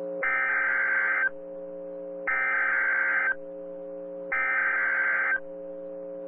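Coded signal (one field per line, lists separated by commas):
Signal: Emergency Alert System (SAME) tones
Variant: header bursts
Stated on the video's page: Tornado warnings received on NOAA Weather Radio.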